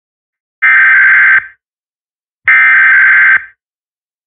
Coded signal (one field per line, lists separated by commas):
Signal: Emergency Alert System (SAME) tones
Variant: header bursts